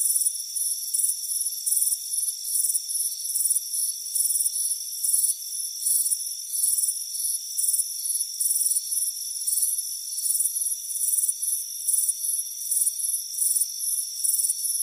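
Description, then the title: Crickets give rapid high pulsed chirps, bursts coming roughly every half second, over a steady background trill. Crickets chirping on a warm afternoon by a front porch. "Soothing Crickets Chirping Sound"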